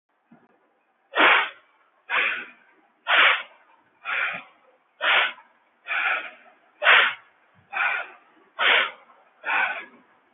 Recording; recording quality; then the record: deep breathing; moderate, slight background noise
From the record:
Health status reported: healthy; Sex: male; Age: 20 years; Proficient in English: yes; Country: India